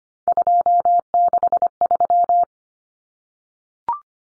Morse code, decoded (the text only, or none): 263